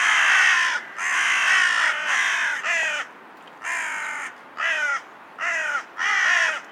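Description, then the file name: Carrion crow uttering a string of coarse, croaking caws, some long and some shorter, separated by short silences. "Corvus corone"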